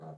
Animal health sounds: pig call; piglet (1 to 25 days)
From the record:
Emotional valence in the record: negative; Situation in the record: long isolation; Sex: female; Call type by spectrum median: low-frequency call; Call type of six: low-frequency stable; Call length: 0.18 s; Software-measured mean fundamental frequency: 51 Hz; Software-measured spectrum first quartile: 164 Hz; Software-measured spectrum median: 375 Hz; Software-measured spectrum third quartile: 661 Hz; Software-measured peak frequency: 158 Hz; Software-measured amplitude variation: 89 dB a second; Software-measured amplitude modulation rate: 8.3 a second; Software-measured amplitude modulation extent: 10.8 dB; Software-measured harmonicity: 1.4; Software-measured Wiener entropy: -0.08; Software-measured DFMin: 1210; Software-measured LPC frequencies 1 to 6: 675, 4107, 6283, 6947, 8449, 9520 Hz

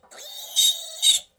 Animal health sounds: pig call; piglet (1 to 25 days)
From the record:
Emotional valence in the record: negative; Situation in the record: restrain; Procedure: back test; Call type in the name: high-frequency call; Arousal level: medium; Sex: male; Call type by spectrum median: high-frequency call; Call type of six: high-frequency stable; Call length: 1.38 s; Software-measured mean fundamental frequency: 205 Hz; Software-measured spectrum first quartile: 3724 Hz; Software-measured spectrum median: 4855 Hz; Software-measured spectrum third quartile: 7977 Hz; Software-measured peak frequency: 3778 Hz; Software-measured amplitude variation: 165 dB a second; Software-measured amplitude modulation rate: 21.7 a second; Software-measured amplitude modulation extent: 7.6 dB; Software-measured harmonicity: 6.8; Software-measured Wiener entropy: -2.54

